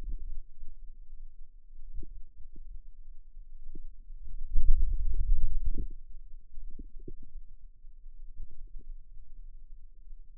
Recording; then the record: forearm muscle sounds (acoustic myography)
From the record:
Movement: hand opening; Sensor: system 2, bracelet of six BSWA MPA416 microphones around the upper forearm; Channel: 4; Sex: male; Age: 22 years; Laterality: right